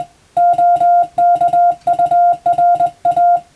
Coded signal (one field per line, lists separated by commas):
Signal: Morse code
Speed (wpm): 20 wpm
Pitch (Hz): 700 Hz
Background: music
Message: OKURA